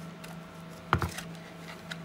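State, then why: Partly seated. A Raspberry Pi CM4 compute module is pressed onto the board-to-board connectors of a Retroflag GPi Case 2 GameBoy-style handheld carrier board, with a low steady hum in the background. A sharp click at 0.9 s is followed by a softer one at 1.0 s and a faint tick near 1.9 s. Only one side of the module clicks into place; the other side does not seat at all.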